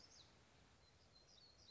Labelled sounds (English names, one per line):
Black-throated Gray Warbler